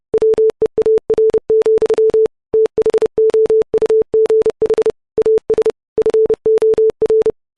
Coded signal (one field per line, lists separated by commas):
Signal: Morse code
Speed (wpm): 30 wpm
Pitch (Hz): 440 Hz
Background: none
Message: WEAR, THOUGH AS FOR